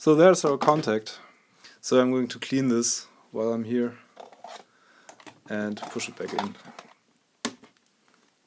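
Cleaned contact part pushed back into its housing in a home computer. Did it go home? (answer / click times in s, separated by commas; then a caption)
yes / 7.5 s. Someone talks while a cleaned contact, a small plastic/metal part inside a C64C home computer (or its accessory), is pushed back into its housing, with a few faint handling taps along the way. One loud, sharp click at 7.5 s marks the part snapping into place, and it is seated.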